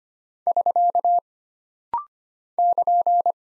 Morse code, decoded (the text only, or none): <SK> <KN>